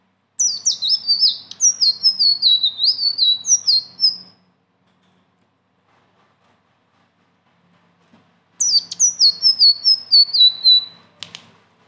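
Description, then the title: Leafbird singing two long bursts of rapid, high whistled notes that slide downward, separated by about four seconds of silence. Song described as gacor (singing constantly) and ngeroll (rolling delivery) with isian (filler phrases); notes call it masteran, a tutor song. "BURUNG SELENDANG BIRU GACOR NGEROLL ISIAN"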